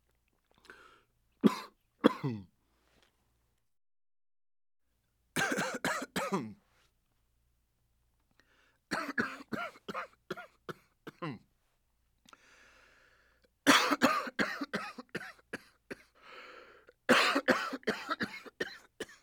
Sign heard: Coughing Man.